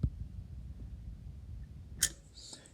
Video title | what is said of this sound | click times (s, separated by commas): Stillway (0-400) Shifter for the Supra 6 Speed | you hear that click that was the sound of the metal tab | 2.0 s